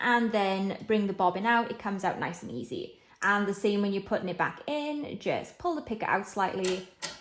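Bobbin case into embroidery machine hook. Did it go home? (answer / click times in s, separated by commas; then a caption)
no / none. Someone talks while a bobbin is taken out of the rotary hook of a Happy Japan HCS3 embroidery machine, with the picker pulled aside so the bobbin comes out easily. The bobbin case is handled for putting back in, but nothing has seated or clicked yet.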